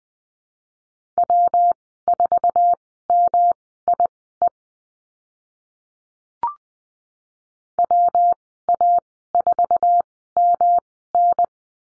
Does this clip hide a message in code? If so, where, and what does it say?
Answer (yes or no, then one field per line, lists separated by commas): yes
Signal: Morse code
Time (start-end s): 1.2-11.4 s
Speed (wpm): 20 wpm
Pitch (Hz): 700 Hz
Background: none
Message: W4MIE WA4MN